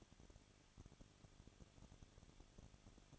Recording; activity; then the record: daily activity, microphone in the room; no activity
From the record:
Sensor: 4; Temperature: 23.1 degrees Celsius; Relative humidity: 34.1%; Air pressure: 1007.2 hPa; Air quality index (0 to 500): 216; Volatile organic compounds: 15 ppm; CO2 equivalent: 2498 ppm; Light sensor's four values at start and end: 2/3/1/1 and 2/3/1/1